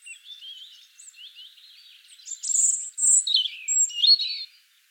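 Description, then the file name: European robin singing soft thin warbles that build into louder, shrill high whistles and a descending trill before falling quiet. "Erithacus rubecula"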